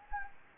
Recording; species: mosquito wingbeat signal from an infrared sensor; Anopheles gambiae